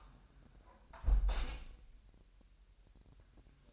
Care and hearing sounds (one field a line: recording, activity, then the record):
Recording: daily activity, microphone in the room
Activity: close window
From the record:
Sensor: 2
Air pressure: 1000.1 hPa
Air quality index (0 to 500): 244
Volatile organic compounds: 87 ppm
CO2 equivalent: 3666 ppm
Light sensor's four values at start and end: 9/21/8/8 and 8/20/8/8